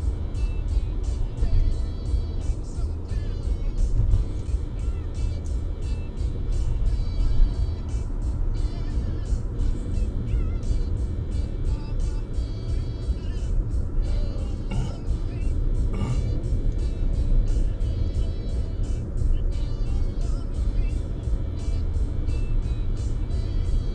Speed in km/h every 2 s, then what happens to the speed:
73, 71, 69, 67, 66, 66, 65, 66, 67, 68, 70, 71.
0-11 slows to 65. 11-24 steady at about 67.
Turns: none.